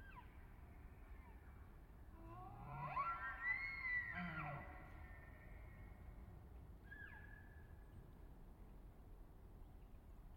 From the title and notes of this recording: Elk Bull Challenge. I spent another weekend in the Colockum Wildlife Area, camping at the border of Coffin Game Reserve. Not long after dawn I witnessed a challenge. The bulls' bugles sound like very unsettling screams of torture from nearby.